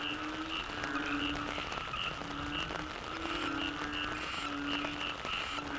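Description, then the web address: Frogs croaking together, long low nasal notes layered under quick repeated higher pips in a continuous wetland chorus. Frog chorus soundscape recorded in the Cherating wetlands, Malaysia. "audio soundscape malaysia yamaha-frogs-cherating-wetlands"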